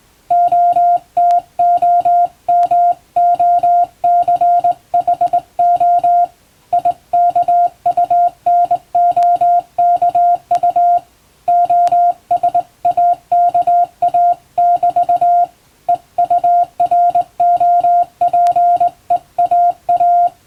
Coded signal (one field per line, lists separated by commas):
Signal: Morse code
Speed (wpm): 21 wpm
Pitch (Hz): 700 Hz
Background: music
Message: OTOMOCHO IKUNOKU OSAKA <BT> EUROPEAA